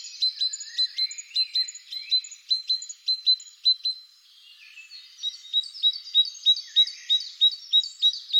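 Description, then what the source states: Great tit song: steady, insistent repetition of high two-note phrases, dropping briefly near the middle beneath a softer warbling bird before picking up again. Recorded in the Netherlands.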